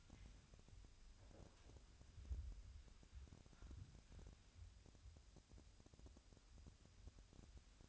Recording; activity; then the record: daily activity, microphone in the room; wipe stove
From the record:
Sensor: 2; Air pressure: 1006.9 hPa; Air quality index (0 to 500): 198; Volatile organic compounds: 13 ppm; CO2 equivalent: 2428 ppm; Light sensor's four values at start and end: 10/23/10/10 and 9/23/9/10